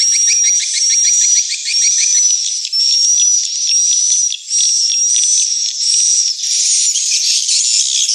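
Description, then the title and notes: Swiftlet sounds: high chattering chirps with a long, thin, steady whistle that repeats in bursts of about a second, briefly dipping between phrases. Swiftlet house lure sound of the AKAU brand, Tien Giang, Vietnam. "Am thanh nha yen Akau Vietnam - Tien giang. Những âm thanh chim yến thuộc thương hiệu AKAU"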